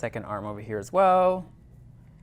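Someone talks while handling the second arm of a BT-Vision 2.0 wearable illuminated magnifier frame, which is being pushed toward the matching plastic hook on the headset. The speech ends and the clip trails into low, quiet background. Nothing has seated or clicked yet.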